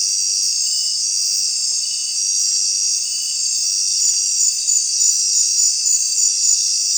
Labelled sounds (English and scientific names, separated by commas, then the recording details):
none
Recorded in secondary vegetation near Puerto Asís, Putumayo, Colombia, on 25 June 2025 at 19:00
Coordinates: 0.499, -76.323
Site G077